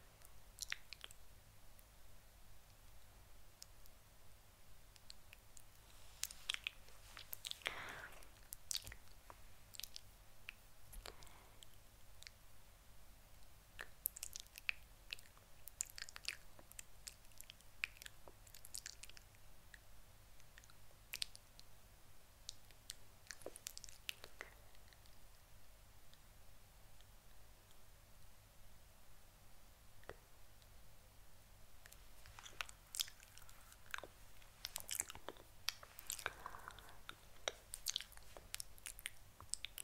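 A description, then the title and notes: Lipstick tapping and soft wet mouth sounds come in irregular clusters of sharp clicks, busiest around 7, 14–24 and 33–37 seconds. Lipstick Application Tapping, Mouth Sounds.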